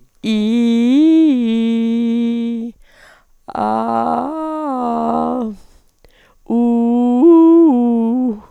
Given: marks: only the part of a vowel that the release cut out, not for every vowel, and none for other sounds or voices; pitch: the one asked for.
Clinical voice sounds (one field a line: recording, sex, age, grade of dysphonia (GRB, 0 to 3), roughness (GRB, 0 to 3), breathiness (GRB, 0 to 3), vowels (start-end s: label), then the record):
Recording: sustained vowels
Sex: female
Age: 60 to 69 years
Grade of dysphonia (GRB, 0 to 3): 0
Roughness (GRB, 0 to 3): 0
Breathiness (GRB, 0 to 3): 0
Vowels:
0.33-2.51 s: vowel /i/, low-high-low pitch
3.66-5.29 s: vowel /a/, low-high-low pitch
6.57-8.23 s: vowel /u/, low-high-low pitch
From the record:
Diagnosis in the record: hyperfunctional dysphonia, dysodia (singing voice disorder)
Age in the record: 64 years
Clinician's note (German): Multifaktoriell mit beginnender Altersstimme